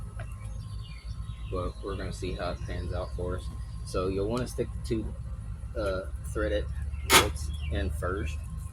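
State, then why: Not seated. A headlight bulb/unit is being handled at a headlight housing while someone talks, and the two threaded bolts go in first. Only faint handling sounds are heard under the speech. The unit has not yet been pushed home, and nothing has seated or clicked yet.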